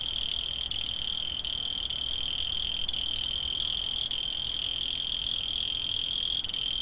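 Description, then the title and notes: Cricket trilling steadily at high pitch, the continuous buzz briefly flickering at intervals. Field recordings made in Tavira, Tangier, Lima and Bhubaneswar. "ACA - Grabaciones de campo. Grillo 2. grabaciones hechas en tavira, tangier, lima, bhubanshwar"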